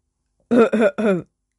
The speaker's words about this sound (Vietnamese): Ho khan một tiếng, người thanh niên lúc này khí tức mới thông thoát, không có bị sặc chết.